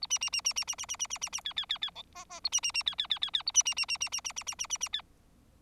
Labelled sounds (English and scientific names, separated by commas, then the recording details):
Bengalese Finch (Lonchura striata domestica) song
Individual Bird4